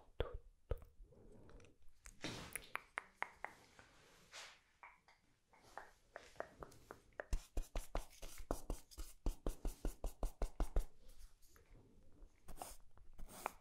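Bright brushing strokes, sparse at first, then a quick regular run of sharp scrubs from about seven to eleven seconds.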